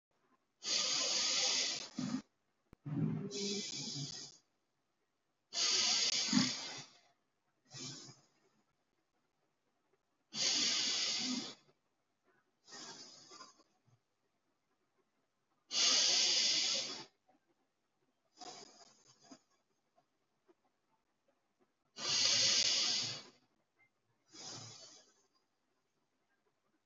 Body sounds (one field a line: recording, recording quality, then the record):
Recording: deep breathing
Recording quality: excellent, no background noise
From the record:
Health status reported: COVID-19 positive, mild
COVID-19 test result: positive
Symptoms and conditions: cough, cold, fever, fatigue, hypertension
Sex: male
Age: 60 years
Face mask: not worn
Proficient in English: yes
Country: India